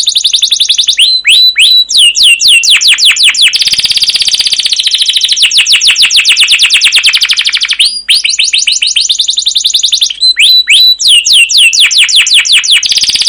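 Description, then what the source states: Canary song in full flow: continuous high trills of quick sweeping notes alternating with long harsh buzzy rolls, almost without pause. Canary in long, full rolling song with cuit cuit chirps and ngerol rolls; a masteran used as a lure to stimulate other canaries to sing.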